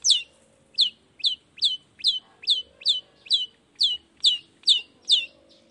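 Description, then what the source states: Long-tailed shrike calls: sharp downslurred notes repeated over two per second in an even series, with a soft background hum. In the morning, with 'toet toet' song variations, meant to stimulate a reluctant shrike into singing.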